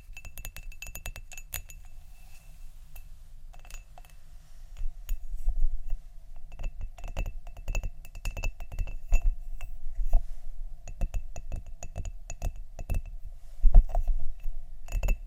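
Tapping triggers on glassy objects: sharp clinks and taps come in irregular bursts, sparse at first and growing busier after about five seconds. Some taps ring with a bright, sustained tone, over a steady low rumble, with a loud cluster near fourteen seconds.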